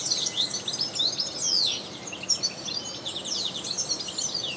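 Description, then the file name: European goldfinch song, dense high twittering with sweeping, slurred whistles throughout. "Carduelis carduelis"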